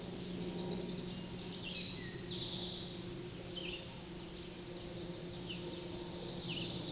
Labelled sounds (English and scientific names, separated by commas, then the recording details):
Red-eyed Vireo (Vireo olivaceus) song
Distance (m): 40 m
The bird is about 10 m above the microphone
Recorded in a Pennsylvania forest on 16 May 2024 at 08:05
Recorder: AudioMoth, point MSD-2391
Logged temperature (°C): 15.0 °C
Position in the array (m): 108 m, 76 m